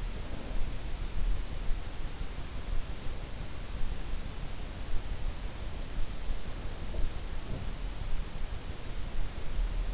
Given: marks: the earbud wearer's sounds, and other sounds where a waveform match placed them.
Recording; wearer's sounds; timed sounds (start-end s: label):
sounds in sleep by an in-ear microphone; snoring breath
0.00-0.80 s: snoring breath